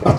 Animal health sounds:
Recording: pig call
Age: growing-finishing pig (85 days or more)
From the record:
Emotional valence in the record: positive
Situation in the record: run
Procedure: transit

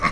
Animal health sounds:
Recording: pig call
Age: piglet (1 to 25 days)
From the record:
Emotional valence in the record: positive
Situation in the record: reunion after long isolation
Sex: male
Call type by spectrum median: low-frequency call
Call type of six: low-frequency tonal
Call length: 0.12 s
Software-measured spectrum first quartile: 810 Hz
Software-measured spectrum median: 1233 Hz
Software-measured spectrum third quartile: 2102 Hz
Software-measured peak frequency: 1118 Hz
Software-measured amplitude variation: 129 dB a second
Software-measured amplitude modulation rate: 4.2 a second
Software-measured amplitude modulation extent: 30.6 dB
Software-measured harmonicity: 4.1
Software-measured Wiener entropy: -1.16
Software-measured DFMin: 648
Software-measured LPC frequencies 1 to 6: 1141, 2129, 4200, 5234, 5840, 6605 Hz

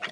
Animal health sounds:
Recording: pig call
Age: piglet (1 to 25 days)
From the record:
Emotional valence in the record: positive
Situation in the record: after nursing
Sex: male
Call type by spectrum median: low-frequency call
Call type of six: low-frequency tonal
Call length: 0.12 s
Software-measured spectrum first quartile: 1400 Hz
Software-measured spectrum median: 1969 Hz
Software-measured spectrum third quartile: 2758 Hz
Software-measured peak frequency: 1906 Hz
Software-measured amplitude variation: 152 dB a second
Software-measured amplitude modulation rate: 8.3 a second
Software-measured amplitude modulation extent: 18.4 dB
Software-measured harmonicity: -1.1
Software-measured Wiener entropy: -1.22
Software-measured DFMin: 719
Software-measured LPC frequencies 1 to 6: 741, 1460, 1979, 2713, 3252, 4561 Hz

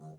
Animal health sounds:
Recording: pig call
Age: piglet (1 to 25 days)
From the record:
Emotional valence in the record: negative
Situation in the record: long isolation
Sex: female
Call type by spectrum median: low-frequency call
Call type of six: low-frequency stable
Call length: 0.18 s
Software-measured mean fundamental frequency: 50 Hz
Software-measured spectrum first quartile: 156 Hz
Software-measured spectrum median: 262 Hz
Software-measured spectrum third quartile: 625 Hz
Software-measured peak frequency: 157 Hz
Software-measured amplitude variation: 68 dB a second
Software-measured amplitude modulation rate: 8.3 a second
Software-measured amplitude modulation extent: 8.2 dB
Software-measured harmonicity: 3.4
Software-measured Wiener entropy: -0.12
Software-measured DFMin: 1263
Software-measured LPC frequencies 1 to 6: 669, 3013, 4062, 6227, 8687, 9712 Hz

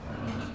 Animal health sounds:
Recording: pig call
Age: growing-finishing pig (85 days or more)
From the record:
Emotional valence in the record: positive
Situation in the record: run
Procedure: transit

